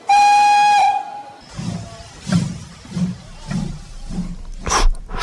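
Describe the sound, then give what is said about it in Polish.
A loud, steady steam whistle blows for about a second with strong harmonic tones, followed by rhythmic chuffing bursts of a steam locomotive pulling away from Nowy Sącz toward Chabówka in Poland, ending with sharp hissing blasts of steam. “I pojechała z Nowego Sącza do Chabówki.”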